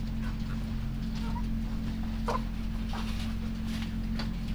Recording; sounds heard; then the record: poultry house recording; sick chickens (respiratory disease)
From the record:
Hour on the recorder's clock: 3